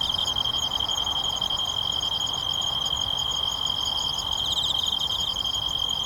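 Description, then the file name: Kantan tree cricket song, a steady unbroken high trill held throughout, with fainter pulsing sounds above it and a low background rumble. Recorded at Tamagawa on 23 August 2014. "20140823 A-tamagawakantan"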